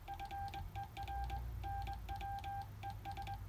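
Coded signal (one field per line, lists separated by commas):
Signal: Morse code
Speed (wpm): 23 wpm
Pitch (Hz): 800 Hz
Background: none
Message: FER NW ES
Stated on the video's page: Amateur Morse contact on Icom IC725, about 60 watts into Western HF10 antenna with LDG AT200 Pro tuner, sent on Begali Spark straight key.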